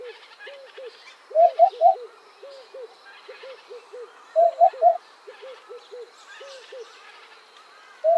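Eurasian hoopoe giving two hollow triplets of even notes, about three seconds apart, over a steady run of quieter repeated notes.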